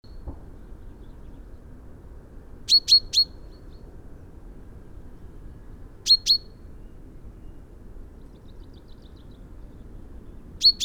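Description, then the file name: Common chaffinch giving short, high metallic call notes in bursts of two or three, separated by pauses of a few seconds, against a steady low rumble. "Fringilla coelebs"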